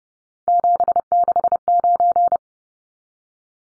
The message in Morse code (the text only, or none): 769